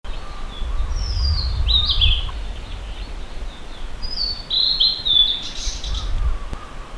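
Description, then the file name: Blue-and-white flycatcher singing two clear, high whistled phrases with gliding and slurred notes over steady low rumbling noise. "ooruri"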